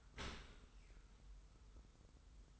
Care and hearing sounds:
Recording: daily activity, microphone in the room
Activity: open dishwasher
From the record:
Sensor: 3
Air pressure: 990.4 hPa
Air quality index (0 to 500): 193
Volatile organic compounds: 1000 ppm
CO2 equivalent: 6313 ppm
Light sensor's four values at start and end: 36/85/35/33 and 36/85/35/33

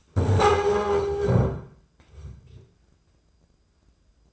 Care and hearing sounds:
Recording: daily activity, microphone in the room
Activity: stand up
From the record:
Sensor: 2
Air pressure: 995.8 hPa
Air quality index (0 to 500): 242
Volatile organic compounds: 1000 ppm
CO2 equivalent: 5968 ppm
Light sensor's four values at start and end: 27/65/29/32 and 25/59/26/29

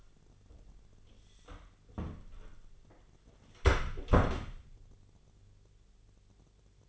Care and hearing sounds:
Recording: daily activity, microphone in the room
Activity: close door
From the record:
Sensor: 4

